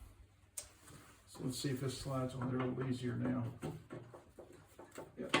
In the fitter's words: that's a little better you hear it seat there